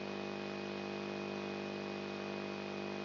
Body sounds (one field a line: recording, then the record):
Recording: brain microelectrode recording played as sound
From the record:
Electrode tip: outside the subthalamic nucleus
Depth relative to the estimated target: 2 mm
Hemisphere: right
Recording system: AlphaMap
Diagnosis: Parkinson's disease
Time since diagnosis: 7 years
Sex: female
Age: 55 years